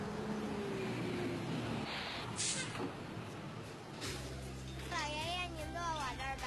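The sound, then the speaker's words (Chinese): A route 5 city bus pulls into a stop amid street noise: a short sharp hiss of air brakes, then a steady low engine drone with a high, wavering squeal over it. “五路公交车马上就要进站了，请大家自觉排好队。”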